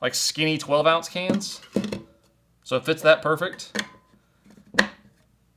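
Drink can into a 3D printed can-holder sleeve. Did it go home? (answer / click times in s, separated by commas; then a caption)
yes / 4.8 s. A skinny 12 oz drink can is fitted into a 3D printed can-holder sleeve while someone talks. A sharp snap at 4.8 seconds marks the can snapping into place in the holder.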